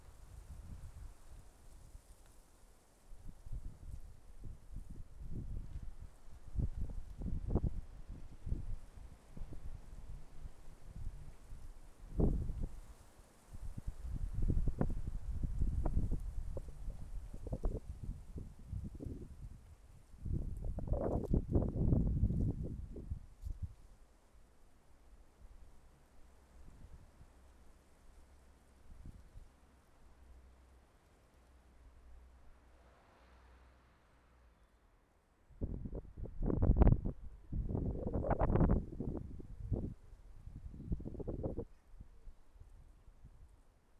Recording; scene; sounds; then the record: everyday scene through a hearing-aid microphone; wind on the microphone; wind, traffic, birds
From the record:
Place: suburban garden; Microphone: behind the ear, left, rear